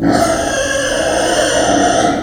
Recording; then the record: squeal of a Yucatan mini pig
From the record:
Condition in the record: before surgery on the right vocal fold (resection and tissue-engineered implant); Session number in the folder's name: 3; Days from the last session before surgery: 0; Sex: female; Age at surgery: 19 weeks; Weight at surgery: 25 kg